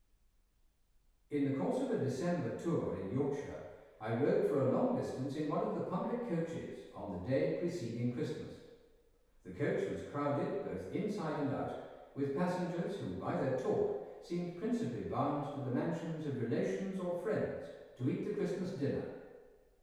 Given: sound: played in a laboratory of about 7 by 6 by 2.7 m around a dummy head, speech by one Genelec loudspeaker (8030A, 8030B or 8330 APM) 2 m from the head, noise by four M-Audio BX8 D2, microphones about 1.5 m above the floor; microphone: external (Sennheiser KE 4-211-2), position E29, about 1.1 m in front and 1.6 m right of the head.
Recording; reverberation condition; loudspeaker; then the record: male speech in English; high; 150 degrees to the right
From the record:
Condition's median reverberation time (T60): about 1300 ms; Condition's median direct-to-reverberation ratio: about -4.0 dB